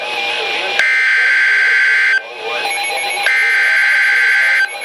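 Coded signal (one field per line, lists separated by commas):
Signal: Emergency Alert System (SAME) tones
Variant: header bursts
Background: speech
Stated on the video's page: Real Special Marine Warning and Severe Thunderstorm Warning alerts relayed by a Milwaukee NOAA weather radio station.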